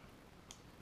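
As the top cap is screwed onto a Dark Horse RDA by Steam Angel, the drip top, which had left a gap because it was not seated, seats into the top cap. A single sharp tick at 0.5 s stands out above a low, steady background hiss. The drip top is seated in place.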